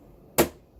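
The magnetically held front glass panel of a 2009 iMac, being reassembled during a hard drive replacement, snaps onto the display bezel with a single sharp, loud hit at 0.4 s against quiet background. The glass is seated, though it sits a little off-center.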